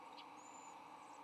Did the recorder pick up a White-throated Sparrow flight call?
no